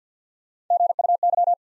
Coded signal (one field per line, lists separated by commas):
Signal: Morse code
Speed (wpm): 50 wpm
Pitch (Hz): 700 Hz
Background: none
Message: GUY